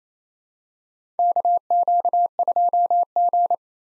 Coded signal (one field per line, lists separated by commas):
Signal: Morse code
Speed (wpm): 28 wpm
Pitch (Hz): 700 Hz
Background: none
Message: KQ2G